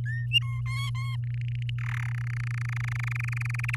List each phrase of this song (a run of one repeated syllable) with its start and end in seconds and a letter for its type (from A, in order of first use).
0.06-0.26 A, 0.31-0.61 B, 0.66-1.16 C, 1.23-1.70 D, 1.78-2.10 E, 2.11-3.76 F